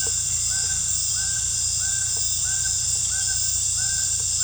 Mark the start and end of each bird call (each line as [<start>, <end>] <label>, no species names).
[0.00, 4.44] bird call